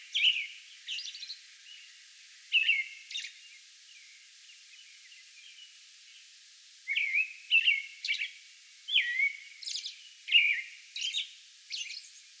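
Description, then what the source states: American robin singing grouped caroling phrases, a few whistles early, a long pause, then a lively burst of alternating low whistles and high squeaks. Song bout recorded May 11.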